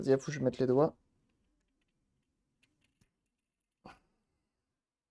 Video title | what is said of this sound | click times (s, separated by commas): #1 Réparation Xbox 360 Red Ring of Death (RROD) | est même pas clipsé. Il y est presque, mais il y est pas, quoi. | 3.9 s